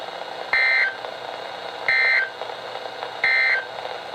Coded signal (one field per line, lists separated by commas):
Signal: Emergency Alert System (SAME) tones